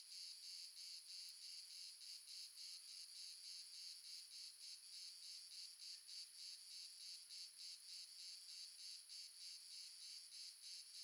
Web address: Crickets and Frogs amb crickets multiple south france